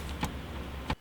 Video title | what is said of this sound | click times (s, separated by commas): How to Install an Aftermarket Headunit | you can then get your head unit and push it in place until you hear the click | 0.9 s